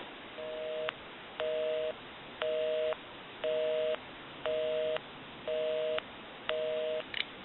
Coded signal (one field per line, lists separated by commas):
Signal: telephone call progress tone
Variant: North America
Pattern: busy tone